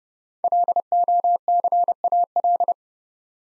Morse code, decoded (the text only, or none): LOCAL